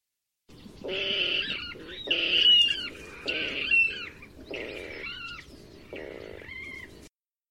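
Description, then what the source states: Water rail giving harsh squealing calls in separate short bursts, the later ones thinner with twisted endings. Played back for a survey protocol.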